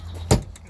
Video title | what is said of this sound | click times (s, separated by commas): Coachmen Apex Ultra Lite 289TBSS unedited walk through. | that snaps into place your external refrigerator storage | 0.3 s